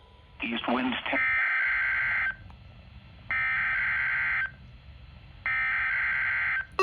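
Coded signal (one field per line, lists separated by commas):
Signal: Emergency Alert System (SAME) tones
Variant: header bursts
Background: speech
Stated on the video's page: NOAA Weather Radio weekly tests.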